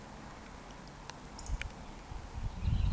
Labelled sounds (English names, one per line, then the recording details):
Eurasian Woodcock whistle
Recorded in Baden-Württemberg, Germany, on 14 June 2020 at 19:26 UTC
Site 14569, 102 m above sea level